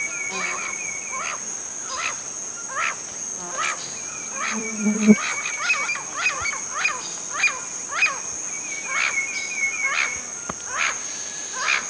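Bird calls: many quick, sharp chirps in an uneven stream, with brief trilled notes and a steady high hum throughout.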